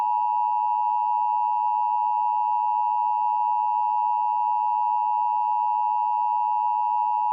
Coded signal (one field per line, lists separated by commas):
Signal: Emergency Alert System (SAME) tones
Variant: 853 and 960 Hz attention tone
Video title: EAS Recreation (06/18/22): Utah Dust Storm Warning